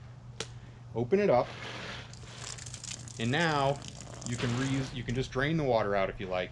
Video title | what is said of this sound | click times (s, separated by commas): NeatIce Bag Instructions | you just put that in there till you hear it click open it | 0.4 s